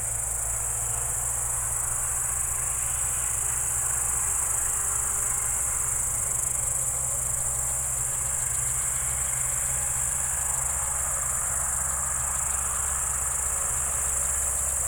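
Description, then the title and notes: Crickets trill in a steady high chorus, with faint pulsed chirping and a low droning engine underneath throughout. Evening crickets at Spalona Pass, Bystrzyckie Mountains, Poland, 18 July 2024 around 19:00; old tractor mowing grass in village below audible. "Spalona 6, 57-516, Polska - Spalona Pass - crickets and haymaking. Przełęcz Spalona w Górach Bystrzyckich. wieczorne świerszcze"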